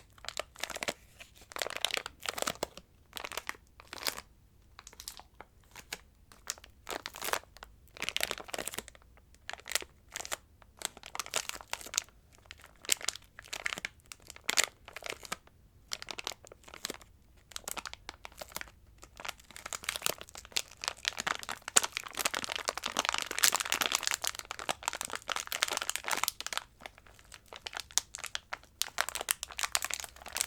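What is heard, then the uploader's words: Crinkling sounds made of dense, irregular bursts of crisp, bright crackle, with short quiet gaps between clusters. The crackling grows busier and louder around twenty to twenty-six seconds, then thins out again. A faint low hum sits underneath throughout. Ear-To-Ear Crinkling Sounds.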